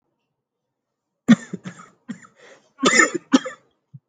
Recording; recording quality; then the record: shallow voluntary cough; excellent, no background noise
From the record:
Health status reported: healthy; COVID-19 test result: not tested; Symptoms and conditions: cough, cold, sore throat, fever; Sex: male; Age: 52 years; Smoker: not ticked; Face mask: not worn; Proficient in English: yes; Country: India